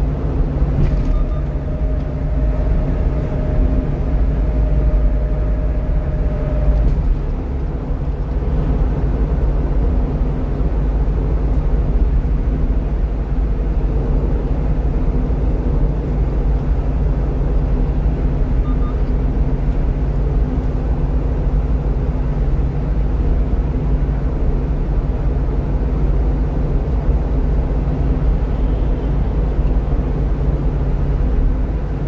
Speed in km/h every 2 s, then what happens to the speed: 87, 87, 86, 85, 85, 84, 84, 85, 85, 84, 86, 86, 86, 86, 86, 87.
0-32 steady at about 86.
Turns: none.